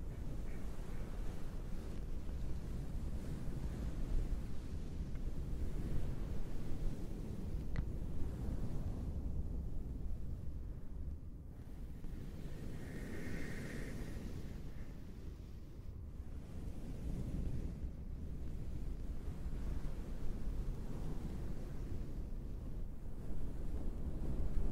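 Towel sounds that imitate ocean waves: a dense, low rushing that swells and eases without stopping, louder near the start and end and dipping around fifteen seconds. A brief higher tone shows up around thirteen seconds, and a faint click sounds near eight seconds.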